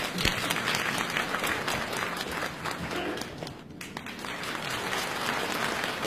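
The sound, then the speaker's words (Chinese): An audience applauds steadily to welcome the third contestant's improvised crosstalk act, a dense wash of many hands clapping at once that holds at an even loudness, briefly thinning near the middle before swelling back up. “好，同时呢也要掌声再次有请我们的三号选手为我们带来即兴的相声小段，有请。”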